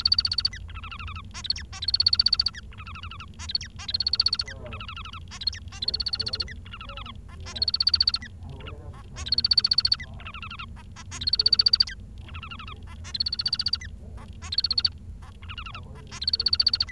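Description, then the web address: Bengalese finch singing repeated bursts of buzzy chattering notes topped by a thin high whistle, each phrase returning every couple of seconds over a low steady hum. "nccratliri vad-multi-species. bengalese finch"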